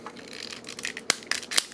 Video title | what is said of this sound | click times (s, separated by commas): Arch Enemy RX-78-2 Gundam Action Figure Review | you'll hear a snap now | 1.1 s